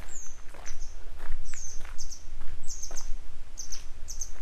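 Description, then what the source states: Grey wagtail calls, high and thin, given in short paired or tripled chips throughout, mixed with soft tapping clicks and low rumbling background. A pair of grey wagtails still searching for their young; follow-up report.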